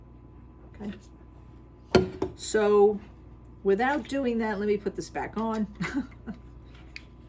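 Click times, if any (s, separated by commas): none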